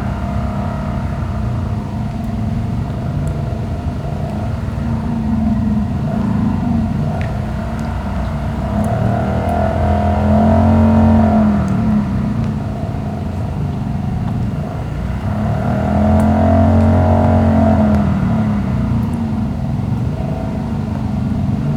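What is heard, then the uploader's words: Distant heavy machinery drones on in a steady low rumble with a throbbing, engine-like hum. Twice, around ten and sixteen seconds, the motor rises and swells louder before settling back. Faint clicks and ticks dot the background throughout. Distant Heavy Machinery.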